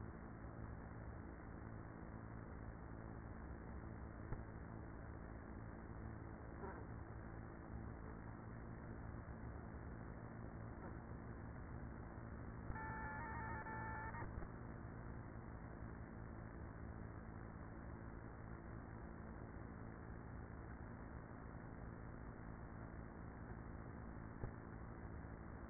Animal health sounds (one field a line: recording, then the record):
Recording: honeybee colony, microphone inside the hive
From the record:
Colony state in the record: queenless with a low population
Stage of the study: after two queens were removed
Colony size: about 30,000 bees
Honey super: no